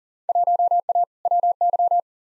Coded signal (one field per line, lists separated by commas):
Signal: Morse code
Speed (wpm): 40 wpm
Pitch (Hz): 700 Hz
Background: none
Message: 1A WY